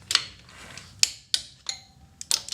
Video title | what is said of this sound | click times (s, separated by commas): Model A Coupe Start up | You hit that little click and you know we're done. | 1.0 s